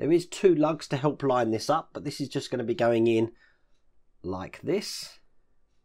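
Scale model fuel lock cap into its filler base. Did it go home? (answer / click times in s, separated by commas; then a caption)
no / none. A fuel lock cap for a 1:8 scale Peugeot 205 1.9 GTI model is handled and lined up on its filler base using two lugs while someone talks. Faint handling sounds follow the speech, and the clip ends before the cap is pushed home, so nothing has clicked or seated yet.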